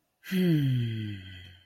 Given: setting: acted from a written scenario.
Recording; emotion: vocal sound without words; serenity